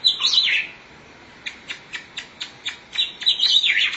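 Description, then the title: Oriental magpie-robin song: a quick high warble, a series of short ticking notes several per second, then a scratchy, varied high phrase. "Suara Kicauan Burung Kacer Durasi Panjang"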